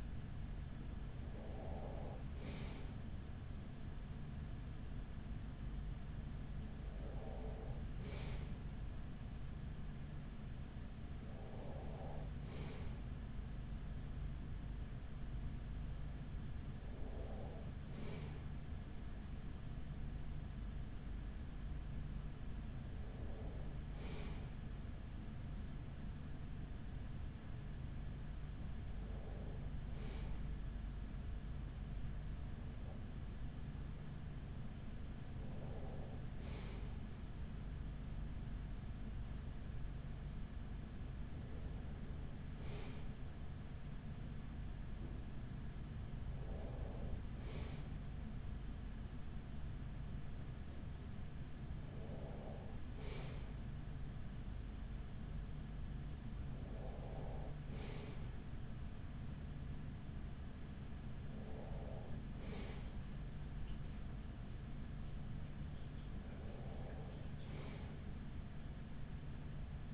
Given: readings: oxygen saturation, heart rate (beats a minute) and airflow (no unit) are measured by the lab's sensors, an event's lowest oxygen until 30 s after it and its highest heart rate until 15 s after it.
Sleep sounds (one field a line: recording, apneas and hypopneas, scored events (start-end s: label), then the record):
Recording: breathing in sleep by a smartphone at the bedside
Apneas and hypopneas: none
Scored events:
none scored
From the record:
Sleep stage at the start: N2 (light sleep)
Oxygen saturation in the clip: 95%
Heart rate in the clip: 39 to 47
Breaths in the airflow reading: 13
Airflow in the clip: -7.0 to 5.0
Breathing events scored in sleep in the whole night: 207 in 7.6 hours asleep